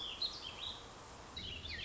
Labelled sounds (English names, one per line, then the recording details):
Warbling Vireo
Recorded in Sonoma County, California